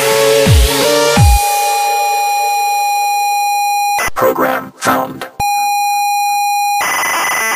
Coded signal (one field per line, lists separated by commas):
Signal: ZX Spectrum tape loading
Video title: Sparky - Press Play On Tape (And Play With My Joystick)